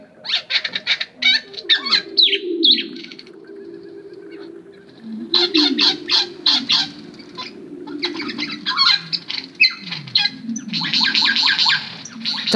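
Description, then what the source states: Lyrebird song, a loud varied medley of rapid high clicking bursts over lower descending sweeps, with brief pauses. Listener recording; location not given.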